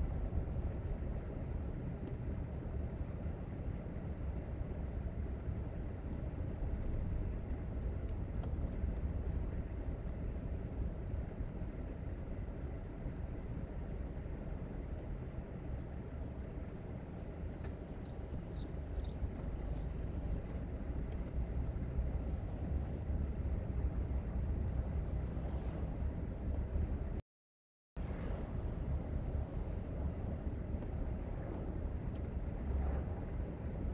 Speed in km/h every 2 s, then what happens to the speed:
42, 39, 37, 35, 35, 34, 31, 27, 24, 29, 35, 40, 44, 45, 44, 44, 45.
0-17 slows to 24. 17-24 speeds up to 44. 24-34 steady at about 44.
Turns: none.